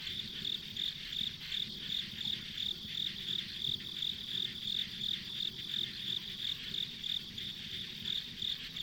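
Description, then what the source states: Insect chirping in quick regular pulses, slightly uneven in loudness, over a continuous shrill insect background and soft low noise. Ambient insect sounds on a rural country road.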